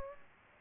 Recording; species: mosquito wingbeat signal from an infrared sensor; Aedes aegypti